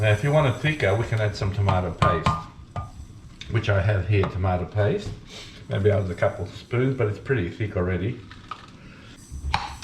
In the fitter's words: Hear the popping sound there.